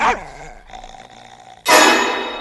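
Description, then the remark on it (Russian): Fearenside's dog Jack gives a short bark at a stranger, then a low rumbling growl, and ends with a sudden loud, harsh bark that trails off as it bites the stranger on the leg. “Но, не рычи, не рычи. Осторожно!”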